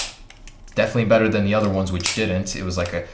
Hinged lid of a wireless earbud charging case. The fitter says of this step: clasp but this one now has the same satisfying click so you can mess